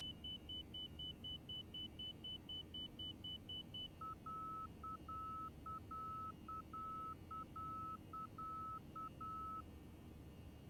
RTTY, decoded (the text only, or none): none